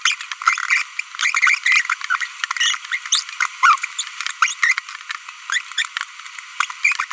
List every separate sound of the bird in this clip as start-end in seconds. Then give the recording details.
0.05-0.13, 1.19-1.55, 1.66-1.81, 2.10-2.15, 2.57-2.75, 2.92-2.96, 3.12-3.20, 3.41-3.46, 3.63-3.75, 3.99-4.02, 4.42-4.53, 4.62-4.73, 5.50-5.61, 5.78-5.86, 6.60-6.65. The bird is a female. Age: 25 days. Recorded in a nest box in Venezuela. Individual 17B42B1